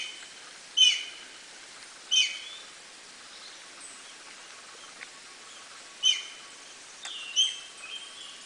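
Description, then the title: Black-and-white Hawk-Eagle uttering a few sharp whistled notes at irregular intervals, with a long gap midway. "Gavião Pato – Características, Habitat Alimentação e Canto!"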